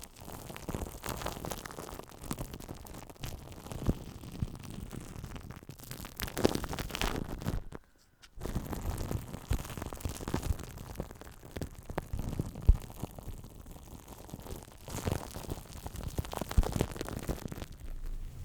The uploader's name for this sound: Mic Brushing, Scratching & Tingly Foam Sounds